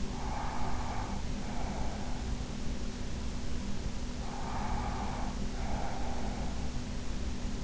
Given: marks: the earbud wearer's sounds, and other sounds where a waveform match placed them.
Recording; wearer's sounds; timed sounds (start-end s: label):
sounds in sleep by an in-ear microphone; breath
0.00-2.28 s: breath
4.11-6.76 s: breath